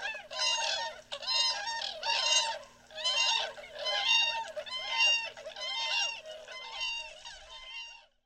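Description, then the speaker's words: Tundra swan flight calls: a flock's overlapping bugling, hooting notes in several rhythmic bursts about a second apart, fading at the end. Migrating tundra swans heard flying overhead, day or night, on migration to the Atlantic coast. "here's an added treat for you, the sound of the tundra swans. They may fly right over your head, day or night, as they continue their migration to the Atlantic coast."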